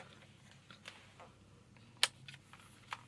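A part is clipped into the charging stand of a Dyson Corrale hair straightener in blush blue, and it seats with one sharp click at 2.0 seconds. Before the click there are faint rustles and light taps. Smaller ticks follow at about 2.3 and 2.9 seconds.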